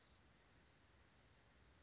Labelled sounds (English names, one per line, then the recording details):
Chestnut-backed Chickadee
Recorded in Sonoma County, California